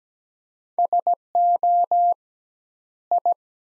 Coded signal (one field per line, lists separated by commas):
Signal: Morse code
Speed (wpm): 17 wpm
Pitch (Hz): 700 Hz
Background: none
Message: SO I